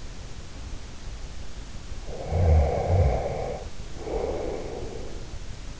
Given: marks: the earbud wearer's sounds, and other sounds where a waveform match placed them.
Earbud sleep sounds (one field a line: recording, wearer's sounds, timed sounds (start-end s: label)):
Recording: sounds in sleep by an in-ear microphone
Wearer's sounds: snoring breath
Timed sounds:
1.93-5.51 s: snoring breath